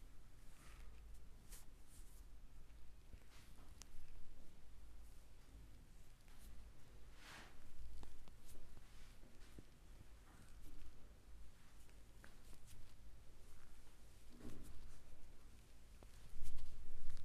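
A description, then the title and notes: A chair massage session: soft rustling and rubbing sounds with scattered brief taps and thumps, plus a steady low hum underneath throughout. ASMR relaxing chair massage for deep sleep.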